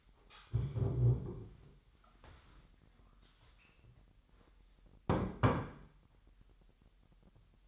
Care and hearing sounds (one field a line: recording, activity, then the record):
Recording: daily activity, microphone in the room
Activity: stand up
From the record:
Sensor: 3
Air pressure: 998.5 hPa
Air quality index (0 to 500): 129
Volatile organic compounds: 4 ppm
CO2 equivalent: 1546 ppm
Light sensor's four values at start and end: 14/35/15/16 and 13/32/13/14